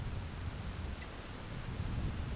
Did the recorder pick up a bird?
no